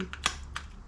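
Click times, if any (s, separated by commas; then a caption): none. A plastic battery compartment cover on the hull of a toy RC boat from a VEVOR RC Boat Set with two boats is closed and pushed, expecting it to snap into place. A few short, light plastic clicks and taps are heard, the loudest near 0.3 s. The cover fails to snap shut because it has to be pushed at a certain spot and then pulled, and nothing has seated or clicked into place yet.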